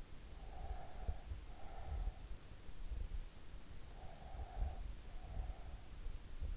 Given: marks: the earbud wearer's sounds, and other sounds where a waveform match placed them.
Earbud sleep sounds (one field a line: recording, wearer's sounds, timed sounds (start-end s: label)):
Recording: sounds in sleep by an in-ear microphone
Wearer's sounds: breath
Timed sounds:
0.38-2.03 s: breath
3.93-5.66 s: breath